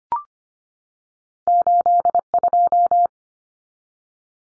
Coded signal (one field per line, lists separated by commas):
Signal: Morse code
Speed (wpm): 25 wpm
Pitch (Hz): 700 Hz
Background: none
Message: 82